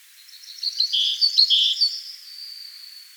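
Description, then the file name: Great tit produces a jumble of high chirps and slurred notes, then a thin drawn-out note that trails off. "Parus major"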